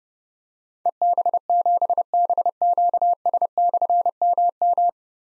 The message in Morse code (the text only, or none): EB7BQS/MM